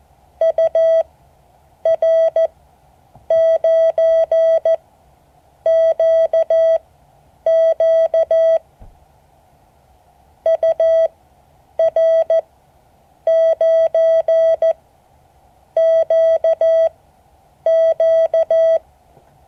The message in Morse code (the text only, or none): UR9QQ UR9QQ